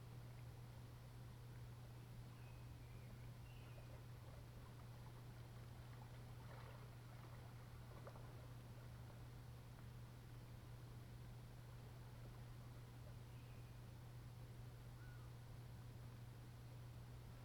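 An overnight spring soundscape from Ontario's Parry Sound District, dominated by a steady low hum and an even wash of hiss that never changes in level. A few faint, brief chirps rise over it around three seconds and again near thirteen and fifteen seconds.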